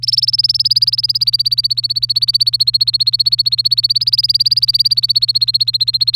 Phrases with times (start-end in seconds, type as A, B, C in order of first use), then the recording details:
0.02-6.16 A. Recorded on 3 May 2018 at 12:45. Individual llb3